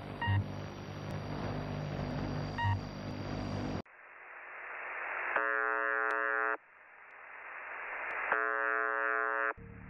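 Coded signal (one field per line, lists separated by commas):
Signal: channel marker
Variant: UVB-76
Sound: two rasping buzzes, each about one second, about three seconds apart, over hiss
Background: radio static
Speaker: le buzzer n'a pas toujours eu la même tonalité et voici pour preuve un des premiers enregistrements connu du vb il date de 1982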